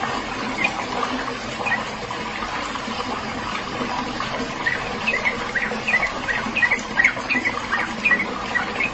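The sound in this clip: Bird chirps: short, high squeaky notes in loose irregular runs, growing busier in the second half, over a steady rushing hiss.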